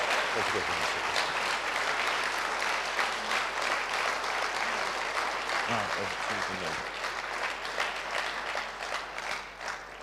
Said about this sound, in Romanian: Would you put your hands together for this wonderful couple? Hai să aplaudăm pe acest cuplu minunat.